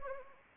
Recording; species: mosquito wingbeat signal from an infrared sensor; Anopheles arabiensis